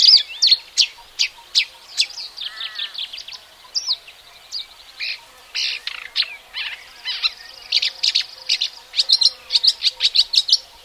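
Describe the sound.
Marsh warbler song: a fast, varied run of chattering notes, sharp clicks and buzzy trills, delivered almost without pause.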